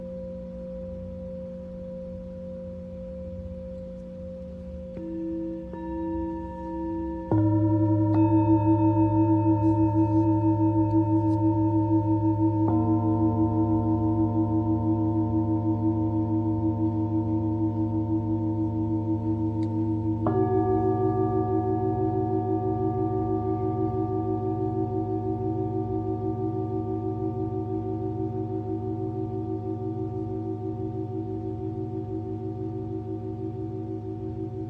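Singing bowls ring in long, sustained tones that overlap and hum together. A soft bowl rings alone at first, then a louder, deeper bowl is struck near seven seconds, with fresh strikes around thirteen and twenty seconds, each slowly fading into a steady, shimmering drone.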